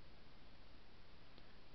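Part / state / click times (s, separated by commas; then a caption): plastic chamber lid onto the model's chamber / not seated / none. A plastic chamber lid is pressed onto the chamber of a Back to the Future DeLorean model during another attempt to seat it, with only a steady low hiss and a faint brief tick at about 1.4 s. The lid just sits there and does not click into place.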